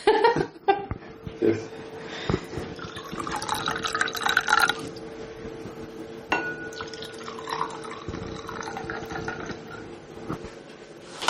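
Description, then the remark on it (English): Wine glugs and splashes into a glass in a steady pour lasting several seconds, with a brief break midway, preceded by a few light glassy clinks. “I put some wine in the glass.”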